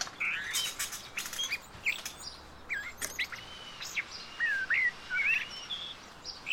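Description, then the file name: Common blackbird whistles, fluty slurred notes rising and falling in the second half, with sharp clicks and chirps early on over constant hiss. "Turdus merula"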